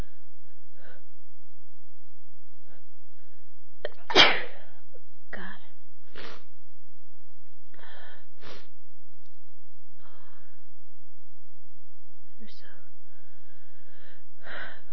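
An adult female gives a single violent, forceful sneeze about four seconds in, followed by several short sniffs and breathy exhalations spaced over the next ten seconds. The sneeze is loud and explosive against an otherwise quiet room with a faint low hum.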